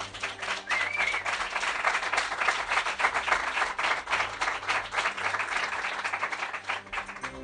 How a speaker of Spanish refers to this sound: Vuestro aplauso, que os oigan desde casa.